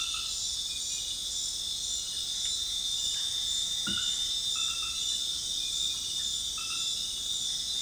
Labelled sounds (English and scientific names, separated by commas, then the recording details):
none
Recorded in dense forest near Puerto Asís, Putumayo, Colombia, on 21 February 2024 at 22:30
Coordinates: 0.502, -76.324
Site G6370